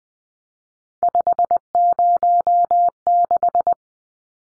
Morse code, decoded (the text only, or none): 506